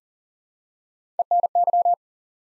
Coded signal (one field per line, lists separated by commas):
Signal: Morse code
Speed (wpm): 40 wpm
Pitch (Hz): 700 Hz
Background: none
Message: ENY